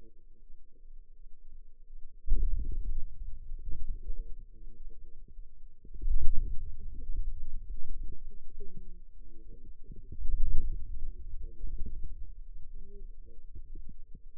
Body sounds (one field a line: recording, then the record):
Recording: forearm muscle sounds (acoustic myography)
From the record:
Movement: wrist extension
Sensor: system 2, bracelet of six BSWA MPA416 microphones around the upper forearm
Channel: 2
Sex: female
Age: 21 years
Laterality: right